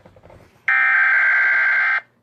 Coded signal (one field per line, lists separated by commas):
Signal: Emergency Alert System (SAME) tones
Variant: header bursts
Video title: Pre defended EAS Alerts Play Mock and make EAS alerts